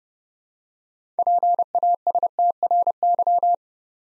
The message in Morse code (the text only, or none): PASTRY